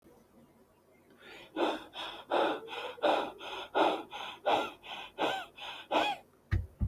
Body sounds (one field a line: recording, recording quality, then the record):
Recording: shallow breathing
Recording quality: excellent, no background noise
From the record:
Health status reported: healthy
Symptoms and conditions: none ticked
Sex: male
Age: 32 years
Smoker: not ticked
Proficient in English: no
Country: India